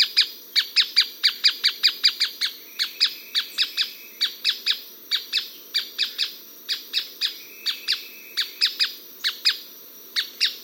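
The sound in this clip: Striated softtail calling with crisp, percussive ticks in quick bursts, with a soft background hiss.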